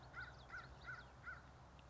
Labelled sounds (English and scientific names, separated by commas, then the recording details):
American Crow (Corvus brachyrhynchos)
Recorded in Sonoma County, California